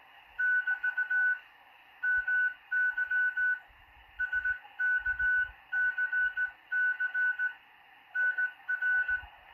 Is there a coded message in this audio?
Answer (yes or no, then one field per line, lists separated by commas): yes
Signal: Morse code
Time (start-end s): 0.4-9.2 s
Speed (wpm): 16 wpm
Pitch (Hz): 1490 Hz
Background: none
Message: <BT> MY SKCC NR